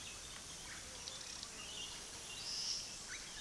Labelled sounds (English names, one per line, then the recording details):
Russet-backed Oropendola
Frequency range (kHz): Russet-backed Oropendola 1.0-3.0 kHz
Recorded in pastures near Puerto Asís, Putumayo, Colombia, on 20 February 2024 at 10:30
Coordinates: 0.468, -76.328
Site G6414